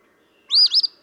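Eastern phoebe delivers one brief, buzzy phrase with a burry, stuttering finish after a moment of silence.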